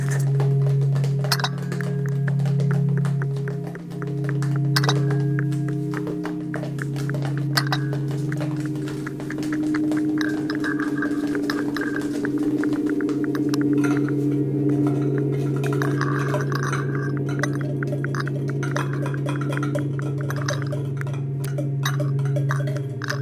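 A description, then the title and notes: Clattering and clinking from everyday objects such as pots, pans, crockery and tins play over a steady low drone that holds throughout and slowly shifts in tone. The knocks and rattles come thick and irregular, with brighter metallic rings scattered across, denser in the second half. Sequence of sounds made using numerous everyday items (pots & pans, crockery, tins l& boxes, plastic packaging, etc) against the backdrop of an evolving drone structure.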